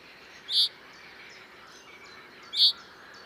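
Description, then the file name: Common chaffinch call: two short, sharp high notes about two seconds apart over a faint steady background hiss. "Fringilla coelebs"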